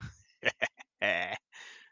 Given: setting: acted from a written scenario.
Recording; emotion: vocal sound without words; pride